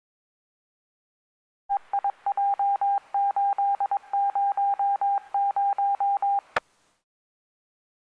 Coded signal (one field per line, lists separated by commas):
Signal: Morse code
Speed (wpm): 22 wpm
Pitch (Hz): 800 Hz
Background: none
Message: EIJ800